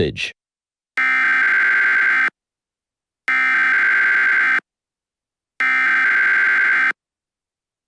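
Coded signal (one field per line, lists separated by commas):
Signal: Emergency Alert System (SAME) tones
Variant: header bursts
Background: speech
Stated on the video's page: Simulated EAS alert on an unused Windows 10 screen.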